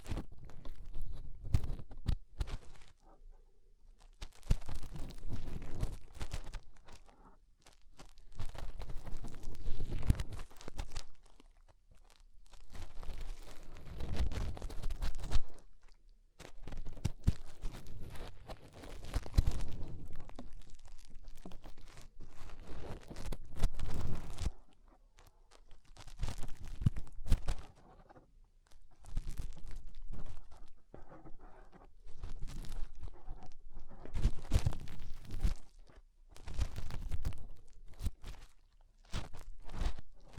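Fingers working inside the ear make muffled, crunchy rubbing and crackling sounds that come in bursts of a few seconds, separated by brief near-silent gaps. Sharp pops and clicks punctuate each burst, and the pattern repeats irregularly throughout.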